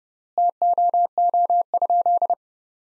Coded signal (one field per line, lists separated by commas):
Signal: Morse code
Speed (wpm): 30 wpm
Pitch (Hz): 700 Hz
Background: none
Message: TOO?